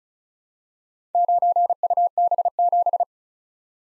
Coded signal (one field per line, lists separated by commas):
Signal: Morse code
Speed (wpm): 36 wpm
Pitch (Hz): 700 Hz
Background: none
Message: 9UB7